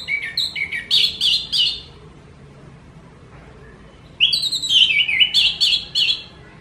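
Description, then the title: Orange-headed thrush song in two bursts: quick, varied whistled and buzzy notes strung together rapidly, with a quiet pause between the bursts. Songbird-hobby bird described as gacor (singing constantly), teler, doyorng and a champion singer. "Kicau Mania Suara Burung Anis Merah Gacor Teler Doyorng Juara"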